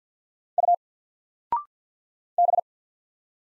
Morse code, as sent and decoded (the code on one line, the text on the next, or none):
..- / -...
U B